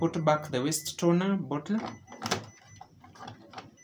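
A waste toner bottle is handled as it is put back into a Kyocera ECOSYS M4125 series multifunction laser copier. Someone talks over faint plastic handling sounds and a few soft taps. Nothing has seated or clicked yet.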